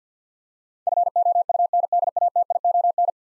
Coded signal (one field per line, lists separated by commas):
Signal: Morse code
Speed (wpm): 50 wpm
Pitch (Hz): 700 Hz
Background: none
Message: FOUNDATION